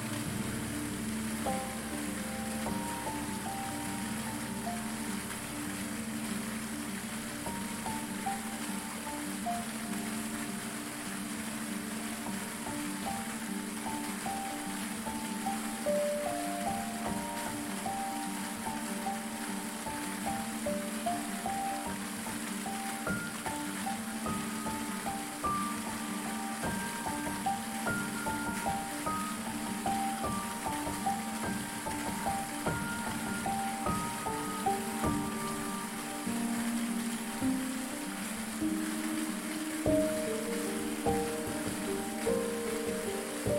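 A waterfall pours onto rocks in a dense, steady rush that fills the whole range from low rumble to bright hiss without a break. Above it, a soft melodic line of sustained notes drifts in the middle register, rising and changing gently throughout.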